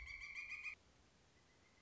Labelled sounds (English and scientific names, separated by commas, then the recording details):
Pileated Woodpecker (Dryocopus pileatus)
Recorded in Sonoma County, California